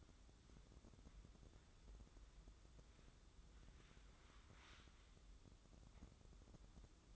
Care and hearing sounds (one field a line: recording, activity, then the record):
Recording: daily activity, microphone in the room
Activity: wipe stove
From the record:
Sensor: 3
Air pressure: 996.0 hPa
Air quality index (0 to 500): 91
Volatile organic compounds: 11 ppm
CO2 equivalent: 2268 ppm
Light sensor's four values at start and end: 26/80/33/28 and 26/80/33/28